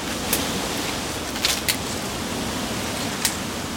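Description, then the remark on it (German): Stormy wind of force 8 roaring as a steady, dense rush of noise, broken by a few short, sharp gusts or cracks. No voices are heard. “Aber der Wind wird noch stärker, schon richtig stürmisch.”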